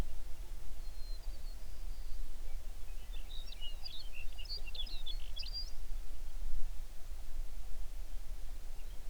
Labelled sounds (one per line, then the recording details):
songbird
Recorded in the Prudhoe Bay oil fields, Alaska, on 11 June 2019 at 05:22
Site 21